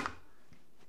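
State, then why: Seated. A smart thermostat is pushed onto its wired wall mounting base after the wiring is finished. It gives a sharp click at 0.1 s, then only faint, quiet thuds follow. The thermostat is seated on the base.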